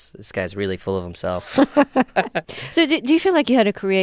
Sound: soundbite of laughter

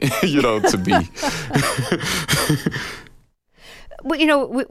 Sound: laughter

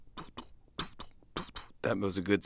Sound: imitating heart beats

